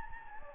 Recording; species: mosquito wingbeat signal from an infrared sensor; Anopheles gambiae